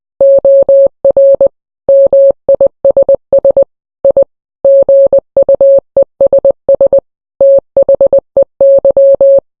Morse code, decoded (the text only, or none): OR MISS I GUESS THEY